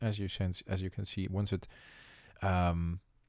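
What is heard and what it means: Someone talks while handling a panel of a glue-free trading card storage box as it is pushed toward the box frame, with a quieter stretch of low noise after about 1.7 s and more voiced sound from about 2.4 to 3.0 s. Nothing has seated or clicked yet; the panel is not yet popped into place when the clip ends.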